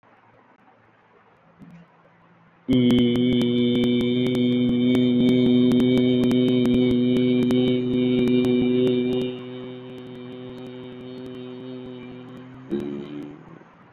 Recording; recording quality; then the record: sustained vowel as in beet; moderate, slight background noise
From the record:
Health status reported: COVID-19 positive, mild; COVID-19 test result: positive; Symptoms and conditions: cough, cold, fever, fatigue, muscle pain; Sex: male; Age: 24 years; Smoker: not ticked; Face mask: not worn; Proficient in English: yes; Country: India